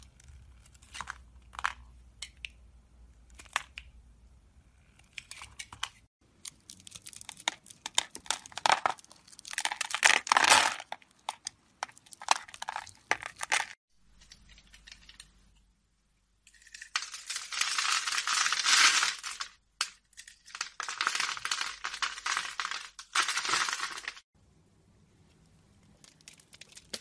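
Soap carving: bursts of bright scraping and crinkly shaving sounds, coming in irregular clusters with short quiet gaps. The densest, loudest scraping runs from about 16 to 24 seconds, and a faint low hum sits underneath in the quieter moments.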